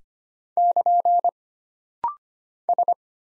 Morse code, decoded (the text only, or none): <KN> S